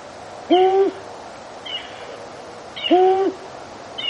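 Long-eared owl giving two low, steady hoots a little over two seconds apart.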